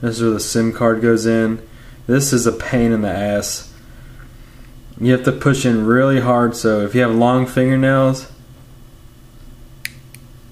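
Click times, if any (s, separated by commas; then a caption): 9.9 s, 10.1 s. A SIM card is pressed hard into the spring-loaded push-push card slot of a GPS tracker while someone talks. After a quiet pause, two sharp clicks sound at 9.9 s and 10.2 s as the slot releases and the SIM card comes back out.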